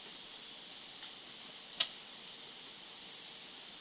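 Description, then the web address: Bronze-olive pygmy-tyrant making a short high note and a buzzy trill, a brief click, then a longer buzzy trill with stacked high tones. Recorded in Ecuador. "Birds of Ecuador. Bronze-olive Pygmy-Tyrant"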